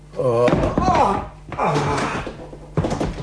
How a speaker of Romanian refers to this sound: Ce s-a întâmplat? Am răsturnat un scaun din greșeală.